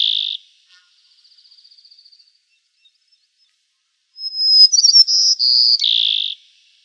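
White-crowned sparrow singing: a final low note, a faint buzzy trill, then a full phrase, a high pure whistle, quick jumbled notes, and three held whistles stepping down in pitch.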